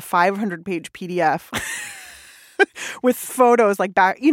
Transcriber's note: laughter